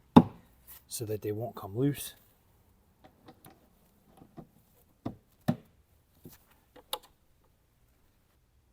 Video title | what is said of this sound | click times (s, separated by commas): 🔧 Indian Challenger: Install Slip-On Exhaust, Road Sofa Seat, Saddlebag Guards & Quick Releases | pop into place | 0.2 s